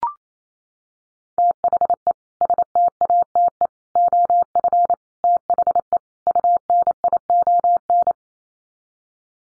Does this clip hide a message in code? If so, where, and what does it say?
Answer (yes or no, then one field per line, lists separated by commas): yes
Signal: Morse code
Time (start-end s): 1.4-8.1 s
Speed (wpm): 28 wpm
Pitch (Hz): 700 Hz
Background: none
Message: THE STATE OF THE UNION